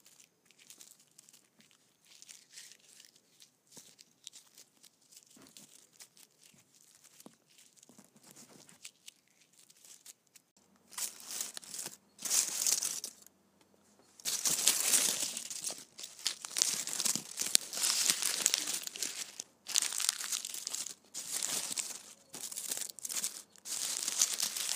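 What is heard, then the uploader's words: Candy wrappers are crinkled and crumpled. The first ten seconds hold only faint, scattered rustles; from about 11 seconds the handling turns loud and dense, with bright crackling bursts and brief pauses, continuing to the end. ASMR Candy Wrappers.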